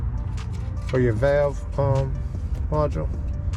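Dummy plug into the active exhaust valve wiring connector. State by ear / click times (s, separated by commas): not seated / none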